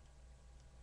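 A plastic peg is handled at a small slot on a transforming Transformers DOTM Sentinel Prime robot action figure during transformation. A steady low hum runs through the clip with faint handling noise and no distinct click. The peg has not seated or clicked yet.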